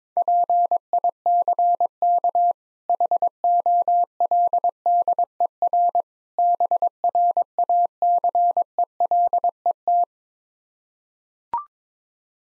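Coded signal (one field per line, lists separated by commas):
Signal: Morse code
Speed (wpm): 22 wpm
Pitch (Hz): 700 Hz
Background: none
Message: PICK HOLDER BRACELET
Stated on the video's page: Morse code practice of difficult words with contextual hints at 17 wpm.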